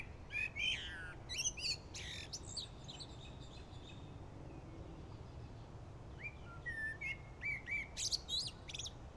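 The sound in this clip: Bird song, bright chirps at the start, a quieter stretch, then a run of repeated whistled notes near the end, with a low hum behind.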